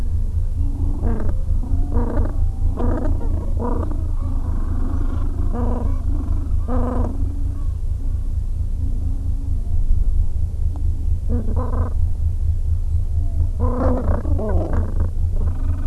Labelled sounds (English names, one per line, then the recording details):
Gentoo Penguin
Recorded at the colony at Godthul, on 25 December 2014
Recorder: Song Meter SM2+